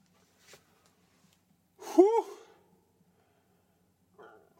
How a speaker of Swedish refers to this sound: Måste bara andas lite.